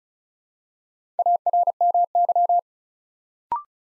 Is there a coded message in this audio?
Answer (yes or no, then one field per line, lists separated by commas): yes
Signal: Morse code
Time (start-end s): 1.2-2.6 s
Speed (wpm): 34 wpm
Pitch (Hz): 700 Hz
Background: none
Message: ARMY